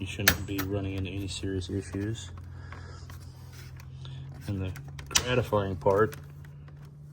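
Someone talks while handling a plastic fuse box section being pressed back into the fuse box housing of a repaired EFI fuse box on a Land Cruiser 100 Series / LX 470. Short, light plastic ticks and knocks sound at about 2.7, 3.1, 3.8, 4.1, 6.3, 6.5 and 6.7 seconds. Nothing has seated or clicked into place yet.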